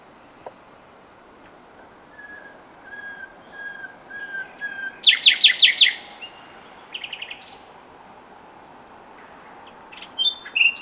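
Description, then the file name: Common nightingale song: soft piping whistles repeated slowly, then a loud burst of rapid notes and short rattling chirps. "Luscinia megarhynchos"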